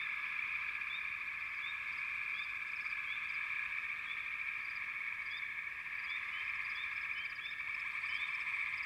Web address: The Natural Sounds of the Wilderness 10 CDs collection Echoes of Nature - American Wilds Frog Chourus